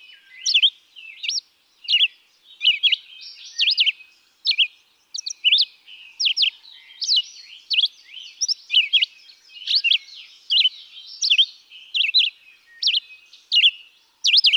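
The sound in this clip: Red-eyed vireo delivering a steady run of short, clear whistled phrases, each rising or falling, spaced under a second apart throughout.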